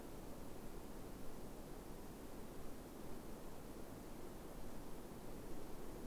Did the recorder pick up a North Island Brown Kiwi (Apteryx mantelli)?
no